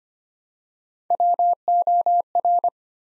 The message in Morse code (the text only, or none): WOR